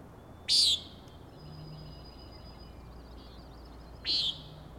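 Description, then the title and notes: Common nighthawk giving two loud, harsh, buzzy peents about three and a half seconds apart. Three birds at 4am, 16 June 2017, Schoodic Head overlook, Acadia National Park, Winter Harbor, Maine; peenting while flying closely following one another, passing near the recordist. "Common Nighthawks, Schoodic Head 061617 4am. 3 common nighthawks making peenting calls and wings booms but also a rattling noise at the Overlook (410 ft) on Schoodic Head (435 feet) Schoodic division Acadia National Park Winter Harbor, ME"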